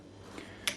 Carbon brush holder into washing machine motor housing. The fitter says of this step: you straight down until it clicks and then